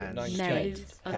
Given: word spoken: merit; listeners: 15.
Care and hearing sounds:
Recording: one English word in noise, from a listening test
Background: four-talker babble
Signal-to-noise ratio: -0.4 dB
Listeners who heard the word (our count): 2 of 15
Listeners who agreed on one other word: 8 of 15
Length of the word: 0.77 s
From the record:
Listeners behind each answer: 8, 3, 2, 1, 1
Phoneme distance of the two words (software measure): 34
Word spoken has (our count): 2 syllables, 5 phonemes, stress on syllable 1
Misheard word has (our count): 1 syllable, 3 phonemes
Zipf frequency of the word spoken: 3.58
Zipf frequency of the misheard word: 5.91

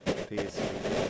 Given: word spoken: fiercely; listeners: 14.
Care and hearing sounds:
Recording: one English word in noise, from a listening test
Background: noise modulated by three-talker babble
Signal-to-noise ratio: -5.5 dB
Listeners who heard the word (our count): 5 of 14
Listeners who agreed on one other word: 7 of 14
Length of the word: 0.70 s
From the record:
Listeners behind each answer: 7, 5, 1, 1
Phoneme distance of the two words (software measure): 30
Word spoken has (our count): 2 syllables, 5 phonemes, stress on syllable 1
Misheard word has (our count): 2 syllables, 5 phonemes, stress on syllable 1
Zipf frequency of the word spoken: 3.46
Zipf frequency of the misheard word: 3.26

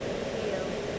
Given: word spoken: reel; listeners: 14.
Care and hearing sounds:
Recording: one English word in noise, from a listening test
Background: speech-shaped noise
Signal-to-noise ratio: -4.5 dB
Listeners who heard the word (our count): 0 of 14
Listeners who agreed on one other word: 7 of 14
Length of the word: 0.59 s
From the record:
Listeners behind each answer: 7, 3, 3, 1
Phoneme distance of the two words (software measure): 10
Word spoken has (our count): 1 syllable, 3 phonemes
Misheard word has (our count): 1 syllable, 3 phonemes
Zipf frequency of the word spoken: 3.56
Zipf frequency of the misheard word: 3.81

